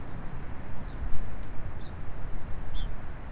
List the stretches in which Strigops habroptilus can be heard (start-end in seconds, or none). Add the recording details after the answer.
1.51-3.11. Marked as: faintness 4/5. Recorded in New Zealand. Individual Stumpy